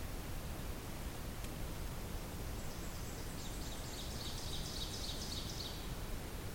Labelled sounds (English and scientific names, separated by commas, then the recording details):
Ovenbird (Seiurus aurocapilla) song
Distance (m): 65 m
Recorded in boreal forest in Alberta, Canada, on 8 June 2016 at 07:10
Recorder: SongMeter 3, array SBT-3-9
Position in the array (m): 47 m, 103 m
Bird 33